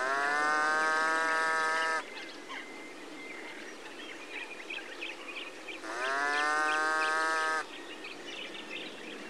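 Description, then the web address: Coypu contact calls: two loud, drawn-out, mooing harmonic calls of about two seconds each, separated by a pause with faint bird chirps in the background. Contact calls, at a wetland. "Sissonne Environnement Ragondin-cris-contact"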